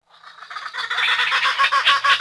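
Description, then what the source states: Bird calls: a rising babble of harsh chattering notes that grows louder over two seconds. Bird calling near water.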